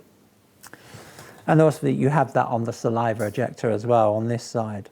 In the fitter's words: And then it just simply clicks back into place and the hose sits back in.